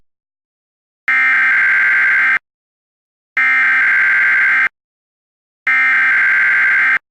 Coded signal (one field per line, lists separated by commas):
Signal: Emergency Alert System (SAME) tones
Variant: header bursts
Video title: Clayranger503 Final EAS Test & Sign Off